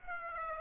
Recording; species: mosquito wingbeat signal from an infrared sensor; Aedes aegypti